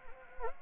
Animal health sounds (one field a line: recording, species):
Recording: mosquito wingbeat signal from an infrared sensor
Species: Anopheles arabiensis